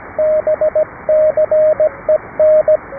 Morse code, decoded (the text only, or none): BCEN